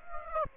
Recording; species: mosquito wingbeat signal from an infrared sensor; Aedes aegypti